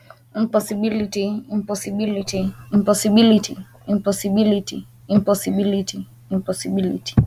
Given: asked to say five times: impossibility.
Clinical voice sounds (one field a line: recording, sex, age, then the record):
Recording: repeated word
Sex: female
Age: 20 to 29 years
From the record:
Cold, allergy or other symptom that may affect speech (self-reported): no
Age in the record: 29 years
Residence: California, United States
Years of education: 16